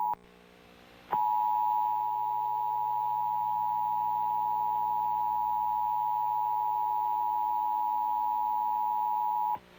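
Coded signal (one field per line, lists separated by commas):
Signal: Emergency Alert System (SAME) tones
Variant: 853 and 960 Hz attention tone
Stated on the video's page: Required Monthly Test received from a television station.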